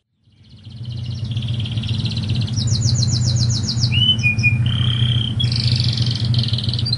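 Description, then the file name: Lancashire canary song with fast buzzy trills, whistled notes and rapid rolling phrases, over a steady low hum. "kenari lancashire"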